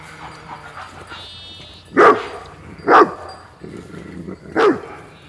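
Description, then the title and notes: Dog giving three separate barks, with faint background sounds and a brief higher tonal note before the first bark. Patou, a watchdog always guarding a herd of Scottish Blackface sheep; Raymond Island, Paillet, France; wet soundwalk; binaural, Zoom H4n with Soundman OKM II and Rode NT4. "Paillet, France - RAYMOND ISLAND_WET_SOUNDWALK_PATOU_SHEEP_2_BINAURAL. Herd of"Scotish black face" with "Patou" the watchdog, always there ! // Un troupeau de "Scotish black face" toujours gardé par Patou !"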